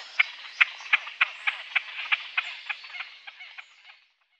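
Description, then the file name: Great crested grebe rattle: a series of about thirteen sharp clicking notes that fade away over four seconds. "Skaggdopping"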